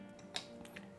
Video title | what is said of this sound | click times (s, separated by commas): LTT Ratchet Screwdriver - Initial Disappointment ! (Linus Tech Tips Product) | so it feels like I have to kind of there's a click | 0.4 s